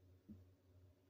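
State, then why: Not seated. A repaired medium trapper pocketknife blade is rotated back toward the half-stop detent against the backspring. Only a low steady hum and a brief, soft low thump near 0.3 s are heard. Nothing has seated or clicked into the half stop yet.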